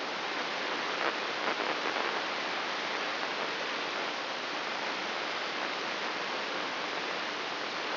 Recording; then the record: brain microelectrode recording played as sound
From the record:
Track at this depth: outside the subthalamic nucleus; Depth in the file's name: 7.26 mm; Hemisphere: left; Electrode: 3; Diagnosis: Parkinson's disease